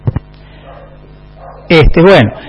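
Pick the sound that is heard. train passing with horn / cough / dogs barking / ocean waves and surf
dogs barking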